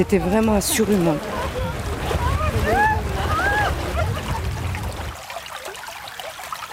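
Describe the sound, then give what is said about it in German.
A brook at a meeting point in Champs-Secrets, a village in the Normandie-Maine nature park 100 kilometres inland, babbles gently with a steady, rushing trickle of water, while faint voices murmur over it at first. The flowing sound thins and softens during the last couple of seconds. “Er plätschert ungefährlich dahin, der Bach am Treffpunkt in Champs-Secrets, 100 Kilometer landeinwärts.”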